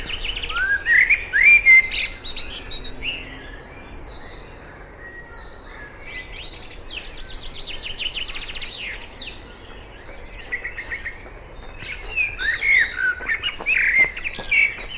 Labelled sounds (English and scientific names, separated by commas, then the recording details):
Common Blackbird (Turdus merula) song
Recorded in the wild
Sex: male
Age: adult
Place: Lübars (Fließtal), Berlin, DE
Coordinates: 52.6167, 13.35
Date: 2000-06-12 18:13
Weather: overcast, 24°C
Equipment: Marantz CP 430, Sennheiser ME 80, Kopie Uher 4000 Report Monitor
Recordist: Tembrock, Günter